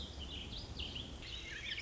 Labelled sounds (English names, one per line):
Warbling Vireo